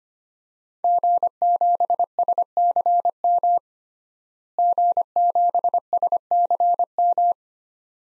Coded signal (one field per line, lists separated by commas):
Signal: Morse code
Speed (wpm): 25 wpm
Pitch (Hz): 700 Hz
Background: none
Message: G7SCM G7SCM